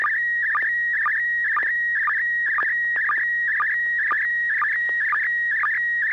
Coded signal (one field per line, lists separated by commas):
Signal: SSTV (slow-scan television)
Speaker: carol will have a chance to take a look at the picture and give us some comments